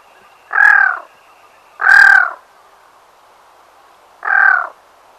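Black-throated loon giving harsh, nasal croaking calls, three short hoarse notes with uneven gaps between them.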